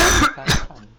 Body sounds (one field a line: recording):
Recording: coughing mixed with background sound